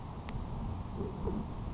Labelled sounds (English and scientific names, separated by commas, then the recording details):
Grasshopper Sparrow (Ammodramus savannarum)
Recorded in Sonoma County, California